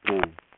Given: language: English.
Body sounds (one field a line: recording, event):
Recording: throat vibration sensor signal played as sound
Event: speech